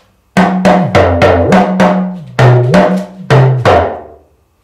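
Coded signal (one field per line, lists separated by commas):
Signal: talking drum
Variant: Yoruba dundun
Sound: about ten resonant drum strokes, their low pitch rising, falling and gliding between tones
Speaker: let's try using the talking drug to actually say something we're gonna speak in Yoruba we're going to speak this proverb Nene koko du du Lac see said babe now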